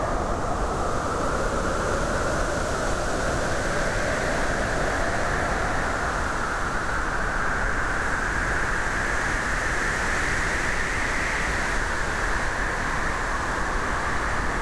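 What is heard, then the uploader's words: Steady wind roars without pause, a dense low rumble with a faint rising whistle in the upper range and no distinct separate events. Windy Sleepy Night.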